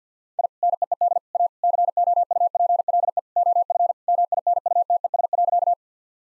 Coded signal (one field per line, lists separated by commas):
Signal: Morse code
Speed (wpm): 50 wpm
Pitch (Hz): 700 Hz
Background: none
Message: I NEED A COUPLE OF MINUTES.